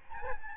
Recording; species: mosquito wingbeat signal from an infrared sensor; Aedes albopictus